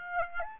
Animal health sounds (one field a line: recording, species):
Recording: mosquito wingbeat signal from an infrared sensor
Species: Aedes aegypti